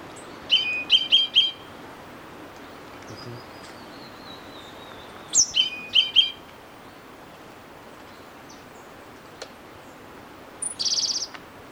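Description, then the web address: Orange-bellied euphonia calling in quick nasal triplets, heard twice several seconds apart, followed later by a brief buzzy rattle amid quiet background hiss. Ecuador. "Natures Songs S America Birds of Ecuador. Orange-bellied Euphonia"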